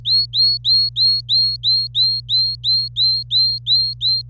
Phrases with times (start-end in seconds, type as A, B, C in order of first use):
0.05-4.22 A